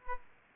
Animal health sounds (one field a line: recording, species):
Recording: mosquito wingbeat signal from an infrared sensor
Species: Aedes aegypti